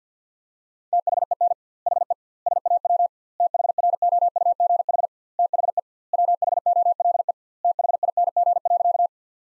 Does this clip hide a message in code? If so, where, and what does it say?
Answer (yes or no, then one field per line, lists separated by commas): yes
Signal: Morse code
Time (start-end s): 0.9-9.1 s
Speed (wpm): 50 wpm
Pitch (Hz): 700 Hz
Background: none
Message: THEN HE SAW THROUGH THE WHOLE THING.